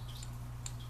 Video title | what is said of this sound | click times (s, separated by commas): The Stingray Copper Black Edition Clone | and back it off until you hear that click i | 0.7 s